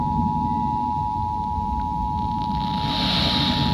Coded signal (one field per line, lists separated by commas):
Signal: Emergency Alert System (SAME) tones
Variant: 853 and 960 Hz attention tone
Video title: EAS #98 “EAS #97 on FM Radio.” 8/21/2026